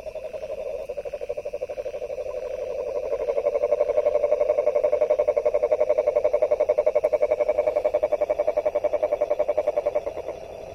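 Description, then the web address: Frog calling in a fast, even rattle of pulses, swelling in the middle and fading toward the close. 23 January 2022. "frog 20220123"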